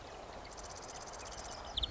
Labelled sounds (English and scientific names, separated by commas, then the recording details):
Marsh Wren (Cistothorus palustris)
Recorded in Sonoma County, California